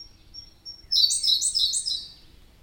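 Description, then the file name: Siberian blue robin song: a few quiet thin ticks, then a loud, high phrase of three rapid pulsed notes. "robin-siberian-blue Larvivora-cyane"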